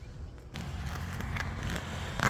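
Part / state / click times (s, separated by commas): headlight bulb connector onto LED headlight bulb / not seated / none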